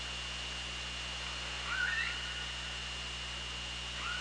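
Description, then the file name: Orca call, one short rising tone near the middle and a faint second tone at the end, over a steady underwater hum. Recorded by OrcaLab hydrophone underwater on 24 August 2017, 18:21:54. "Orca Lab UTLN JASON 20170824 182154"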